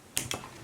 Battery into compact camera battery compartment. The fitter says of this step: just Nodge that yellow tab that should click in place